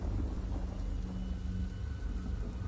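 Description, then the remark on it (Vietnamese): Heavy rain pours down in a steady, dense roar over a small district in southwestern Vietnam, with deep rumbling thunder rolling underneath the whole time and no voices. “Trời vẫn cứ tiếp tục đổ những cơn mưa như trút nước xuống cái huyện nhỏ này,”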